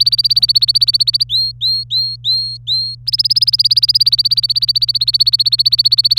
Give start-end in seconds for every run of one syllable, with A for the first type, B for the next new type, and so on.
0.00-1.24 A, 1.29-2.95 B, 3.07-6.19 A